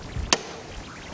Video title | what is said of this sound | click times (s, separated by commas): Toyota RAV4 Тойота РАВ4 2011 года Снимаем и моем дроссельную заслонку | вот у меня зафиксировался этот | 0.3 s